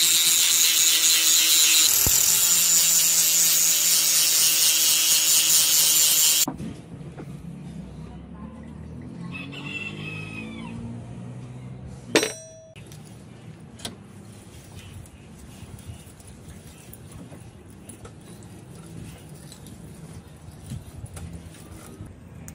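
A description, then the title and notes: Forging a trident from a rusty hook: a loud, dense grinding roar for six seconds, then quieter shop noise, a rising squeal and one sharp clank. Forging POSEIDON'S TRIDENT Out of Rusty Hook.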